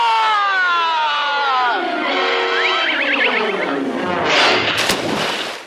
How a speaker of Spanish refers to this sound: Dueños del barco, los niños se pusieron a gritar vivas a su nuevo capitán.